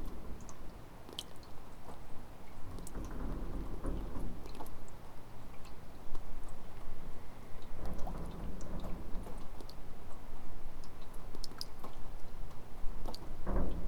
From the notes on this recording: water dripping from the gutters of a remote farmhouse outbuilding after a passing storm at 3am